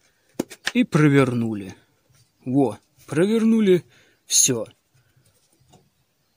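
After the line is wound, the tab on the plastic grass trimmer head is found and the spool drum cover is twisted until a sharp knock at 0.4 s marks it locking into place. Someone talks over the handling, with a few faint clicks near the end. The drum cover is seated and holds.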